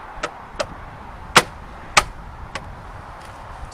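A plastic aero wheel cap on a Tesla Model 3 car wheel is lined up with the air valve and pressed back on around its rim. Light taps at 0.2 s, 0.6 s and 2.6 s surround two loud, sharp clicks at 1.4 s and 2.0 s. With those clicks, the cap is seated.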